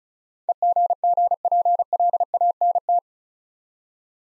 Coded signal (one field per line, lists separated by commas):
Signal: Morse code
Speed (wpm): 36 wpm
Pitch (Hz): 700 Hz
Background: none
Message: EGGPLANT